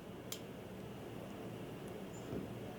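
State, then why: Seated. A repairer presses the flex ribbon cable of a water-damaged Mavic 4 Pro drone gimbal camera back into its board connector after inspecting the water damage. One sharp click is heard at 0.3 s over a steady low background hum, and the connector seats.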